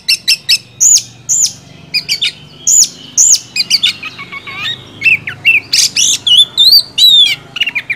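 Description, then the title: Oriental magpie-robin song, quick sharp chirps and short whistled phrases repeated in bursts, with slurred notes toward the end. Kacer masteran (tutor) recording used to draw a kacer into singing gacor until it becomes a contest champion. "Masteran Kacer Yang Sukses Memancing Kacer Gacor Sampai Jadi Juara"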